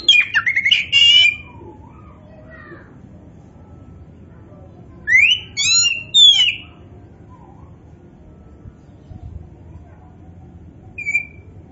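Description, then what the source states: Oriental magpie-robin giving short, spaced song bursts: a chattering whistled phrase at the start, a few clear slurred whistles later, then one short note near the end, low hum behind. Indonesian name kacer poci; described as gacor, singing vigorously and continuously.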